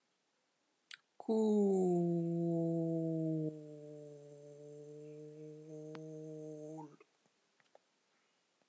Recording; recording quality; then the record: sustained vowel as in boot; excellent, no background noise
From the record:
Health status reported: healthy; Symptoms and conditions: diabetes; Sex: male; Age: 42 years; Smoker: not ticked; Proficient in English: yes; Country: India